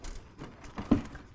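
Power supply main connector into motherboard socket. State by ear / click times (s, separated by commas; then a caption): not seated / none. A 24-pin plastic power supply main connector is handled over the motherboard socket, being lined up to seat down into the board. Soft shuffling and light taps are heard, the loudest at about 0.9 s. Nothing has seated or clicked yet.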